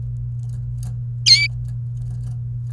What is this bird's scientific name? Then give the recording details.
Serinus canaria. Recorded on 27 April 2018 at 17:04. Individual llb3